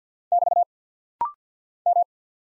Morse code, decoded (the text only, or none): <BT> M